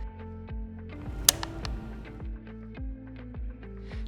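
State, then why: Seated. An OptiCross coronary imaging catheter hub is aligned and pushed into the motor drive unit (MDU) with a permanent sled. Over steady tonal background music, a single sharp, loud click at 1.3 s marks the hub seating in the unit, followed by a few fainter ticks.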